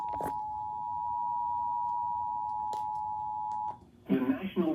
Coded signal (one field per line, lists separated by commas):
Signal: Emergency Alert System (SAME) tones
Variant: 853 and 960 Hz attention tone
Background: speech